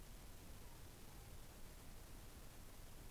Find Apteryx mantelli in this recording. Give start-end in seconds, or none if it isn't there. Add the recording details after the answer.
none. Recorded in New Zealand on 6 December 2014. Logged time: 23:43. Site BV21